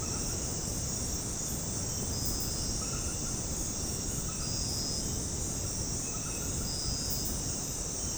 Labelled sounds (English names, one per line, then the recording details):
none
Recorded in dense forest near Puerto Asís, Putumayo, Colombia, on 20 February 2024 at 23:30
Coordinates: 0.486, -76.316
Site G6437